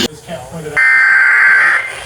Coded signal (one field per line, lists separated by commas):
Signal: Emergency Alert System (SAME) tones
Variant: header bursts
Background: speech